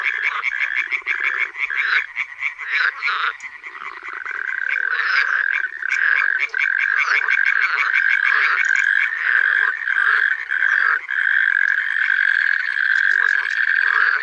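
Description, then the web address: Frog chorus, many croaking calls overlapping into a dense, rattling mass that grows louder and steadier after the first few seconds, with rapid pulsed notes throughout. Frog chorus in a primeval forest. "Tajemnice puszczy Koncert zab"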